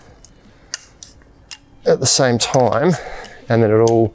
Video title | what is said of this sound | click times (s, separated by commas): BlackWolf Quick Fold Lightweight Chair | there we go that's all lock in place and that's the chair set up easy as that | 0.7 s, 1.0 s, 1.5 s